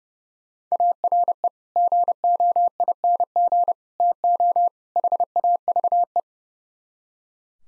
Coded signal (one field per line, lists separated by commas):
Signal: Morse code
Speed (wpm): 37 wpm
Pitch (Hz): 700 Hz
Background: none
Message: ARE GOING TO HAVE